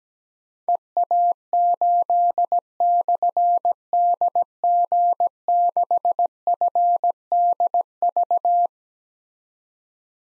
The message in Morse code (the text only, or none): EA8/DG6FDV